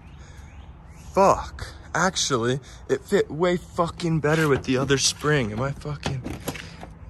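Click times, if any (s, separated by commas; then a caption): 6.5 s. A carbon hood's latch and spring, swapped for a different spring, are pushed home into the latch mount on the car while someone talks throughout. A sharp click at 6.5 s marks the latch seating, and the hood is locked into place.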